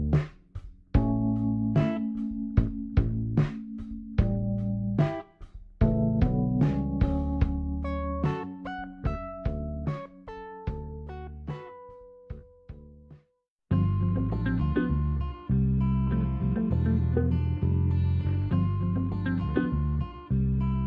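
A soundtrack piece built from plucked or struck notes over low held tones, with sharp hits marking a steady pulse. Around thirteen seconds it drops briefly to near silence, then returns fuller and busier, with dense bright notes layered above the bass.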